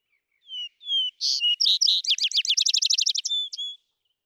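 Vesper sparrow gives a few whistled notes, then a rush of quick, rattling trilled phrases and two closing whistles, in a calm silent setting.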